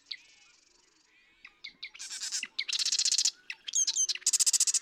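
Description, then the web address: Marsh Wren song: scattered sharp introductory notes, then several rapid, buzzy rattling trills. "birdsongforthecurious Marsh Wren"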